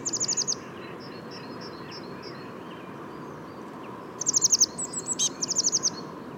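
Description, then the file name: Eurasian blue tit calls: quick high thin notes in short bursts near the start and again after four seconds, with faint twittering between and steady low background hiss. "Cyanistes caeruleus"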